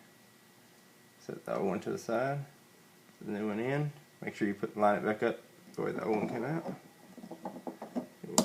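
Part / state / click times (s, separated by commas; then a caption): replacement valve cartridge into a salon shampoo bowl faucet body / seated / 8.4 s. A new replacement valve cartridge is lined up the way the old one came out and pushed into the faucet body of a Marble Products 550 salon shampoo bowl faucet while someone talks. A few light taps follow the speech, then a sharp click at 8.4 s as the cartridge drops and seats into place.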